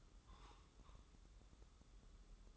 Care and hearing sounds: daily activity, microphone in the room; take from stove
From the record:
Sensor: 3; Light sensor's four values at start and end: 26/79/33/28 and 26/79/33/28

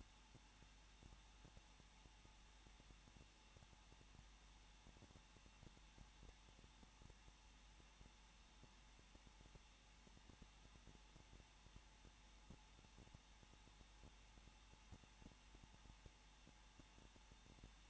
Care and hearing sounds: daily activity, microphone in the room; no activity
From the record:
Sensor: 1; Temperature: 20.1 degrees Celsius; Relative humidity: 39.4%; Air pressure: 1006.4 hPa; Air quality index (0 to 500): 219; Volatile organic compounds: 81 ppm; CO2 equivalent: 3612 ppm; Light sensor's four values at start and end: 1/2/1/1 and 1/2/1/1

